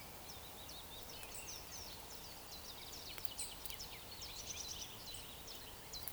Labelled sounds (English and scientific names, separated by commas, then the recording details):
Eurasian Woodcock (Scolopax rusticola)
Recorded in Baden-Württemberg, Germany, on 28 June 2020 at 03:49 UTC
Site 43791, 788 m above sea level